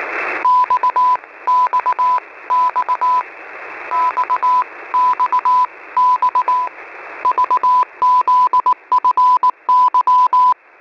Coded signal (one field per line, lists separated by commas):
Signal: Morse code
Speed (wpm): 19 wpm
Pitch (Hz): 1000 Hz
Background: none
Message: XXX XXX VZFY